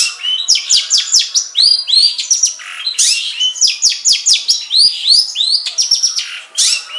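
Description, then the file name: Long-tailed shrike song: quick, jumbled whistles, downslurs and rasping notes, delivered in lively bursts with hardly a break. Banyuwangi and Madura song types. "Suara Cendet Banyuwangi dan Madura"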